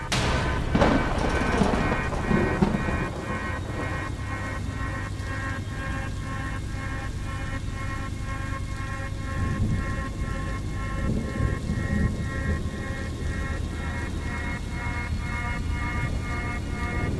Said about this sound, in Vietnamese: Mưa bắt đầu nặng hạt.